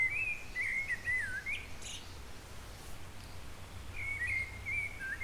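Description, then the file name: Eurasian blackbird singing two fluty, wavering phrases a few seconds apart, the first tailing into faint high chatter, with constant low background hum. "Turdus merula"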